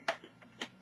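A replacement CMOS coin-cell battery is pressed into its metal/plastic holder on the motherboard of a Travelmate 201T laptop. A sharp click at 0.1 s marks the battery seating in place, followed by a fainter second tap at 0.6 s.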